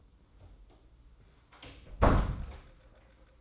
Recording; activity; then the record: daily activity, microphone in the room; close door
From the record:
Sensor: 3